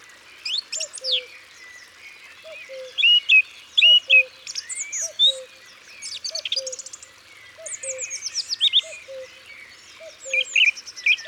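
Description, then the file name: Song thrush song, varied high whistled and buzzy phrases over a steady series of low soft notes. Isère, France. "Grive-musicienne-Concerts-naturels-de-l Isere-Studio-Les-Trois-Becs"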